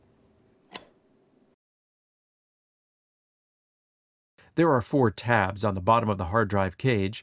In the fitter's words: the spring release tab on the side of the cage snaps into place there